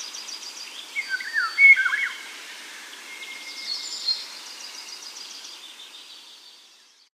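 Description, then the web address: Eurasian golden oriole gives one liquid, fluting whistled phrase early on, followed by high, thin trilling that fades away. Recorded at Sjöbacken on 14 June 2008. "sjobacken ljud oriole 080614"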